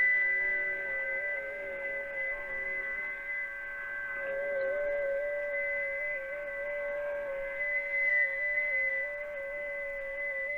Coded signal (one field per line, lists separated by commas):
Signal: FT8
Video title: VE3IHR FT8 Overview for Beginners